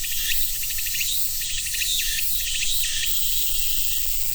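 Dense cicada buzz, shrill and unbroken, with a few surging pulses early before settling into a steady drone.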